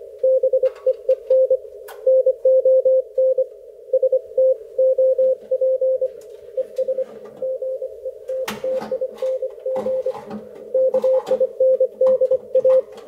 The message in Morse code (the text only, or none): BEEN NON STOP ES GETTING KINDA